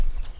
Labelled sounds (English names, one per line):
Stitchbird song